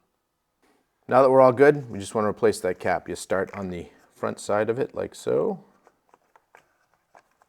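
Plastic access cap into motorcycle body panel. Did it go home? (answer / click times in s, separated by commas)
no / none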